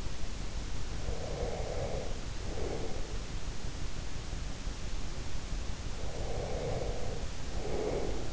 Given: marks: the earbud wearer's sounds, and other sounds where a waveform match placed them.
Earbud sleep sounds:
sounds in sleep by an in-ear microphone; breath
1.07-3.67 s: breath
5.81-8.33 s: breath

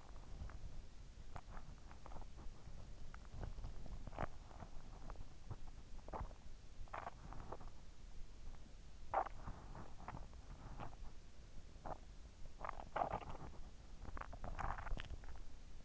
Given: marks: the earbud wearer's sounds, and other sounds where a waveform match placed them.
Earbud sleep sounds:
sounds in sleep by an in-ear microphone; swallowing
0.00-15.85 s: swallowing

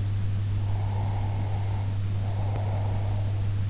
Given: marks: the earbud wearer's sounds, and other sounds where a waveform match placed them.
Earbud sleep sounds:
sounds in sleep by an in-ear microphone; breath
0.52-3.50 s: breath

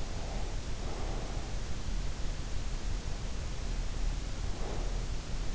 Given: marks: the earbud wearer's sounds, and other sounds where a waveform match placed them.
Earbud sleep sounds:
sounds in sleep by an in-ear microphone; breath
0.06-1.53 s: breath
4.49-5.01 s: breath

